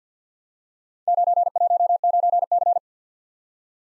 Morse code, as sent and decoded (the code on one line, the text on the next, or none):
----. .---- ----. -.-.
919C